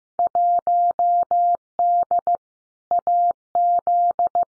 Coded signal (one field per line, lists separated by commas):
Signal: Morse code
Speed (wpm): 15 wpm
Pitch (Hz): 700 Hz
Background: none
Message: 1D AZ